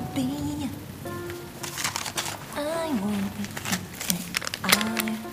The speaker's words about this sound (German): Ich will jetzt nicht mehr los bei dem Regen.